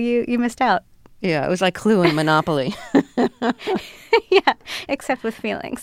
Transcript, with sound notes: Well, you missed out.
Yeah, it was like Clue and Monopoly.
(LAUGHTER) Yeah, except with feelings.